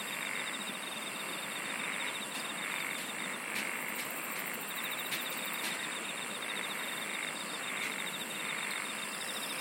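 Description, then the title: Insect chorus with a continuous high whine and repeated bursts of fast, evenly pulsed trills at two pitches, plus a few sharp clicks. "SINGING OF INSECTS"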